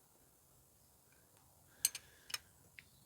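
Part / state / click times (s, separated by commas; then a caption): valve shim holding tool on a motorcycle cam bucket / seated / 1.9 s. On a 1980 Yamaha XJ650, a metal valve shim holding tool is pressed down onto a cam bucket while the engine is rolled over, so it holds the bucket for shim removal. Against a quiet background, a tiny sharp metallic click at 1.9 s marks the tool seating, followed by fainter ticks at 2.0 s, 2.3 s and 2.8 s. The tool is seated and pinned in place.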